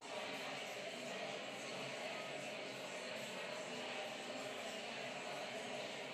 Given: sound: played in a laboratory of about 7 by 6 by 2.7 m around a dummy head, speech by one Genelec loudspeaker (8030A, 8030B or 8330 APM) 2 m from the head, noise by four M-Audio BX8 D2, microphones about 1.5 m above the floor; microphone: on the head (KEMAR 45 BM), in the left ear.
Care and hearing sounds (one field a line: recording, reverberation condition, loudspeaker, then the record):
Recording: babble noise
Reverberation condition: high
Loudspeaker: four, about 170 cm from the corners of the room and facing them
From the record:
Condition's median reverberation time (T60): about 1300 ms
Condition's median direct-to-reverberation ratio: about -4.0 dB